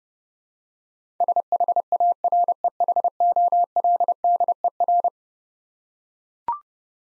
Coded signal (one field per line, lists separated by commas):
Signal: Morse code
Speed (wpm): 31 wpm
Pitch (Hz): 700 Hz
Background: none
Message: SHAREHOLDER